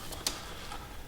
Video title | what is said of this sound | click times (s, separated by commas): Spark Plug Wire Replacement - Dodge Neon | Now I'm going to press them down until I feel and hear an audible click letting me know it's made good contact with the spark plug. | 0.3 s